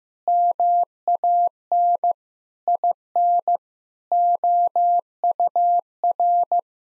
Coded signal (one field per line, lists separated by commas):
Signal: Morse code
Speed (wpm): 15 wpm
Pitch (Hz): 700 Hz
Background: none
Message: MAN IN OUR